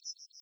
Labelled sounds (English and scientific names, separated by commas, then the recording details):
Yellowhammer (Emberiza citrinella) song
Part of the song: start
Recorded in the Czech Republic on 8 May 2013
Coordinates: 49.897, 14.522
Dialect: BC
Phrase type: C64
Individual 288449